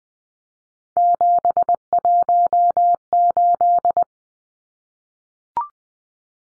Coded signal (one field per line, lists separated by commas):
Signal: Morse code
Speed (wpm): 20 wpm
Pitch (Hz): 700 Hz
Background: none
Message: 718